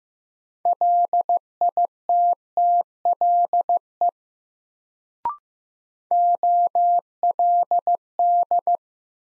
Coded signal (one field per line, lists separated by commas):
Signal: Morse code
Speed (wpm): 15 wpm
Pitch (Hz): 700 Hz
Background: none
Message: LITTLE OLD